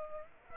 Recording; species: mosquito wingbeat signal from an infrared sensor; Culex pipiens